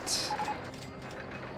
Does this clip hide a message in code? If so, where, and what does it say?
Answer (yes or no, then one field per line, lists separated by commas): no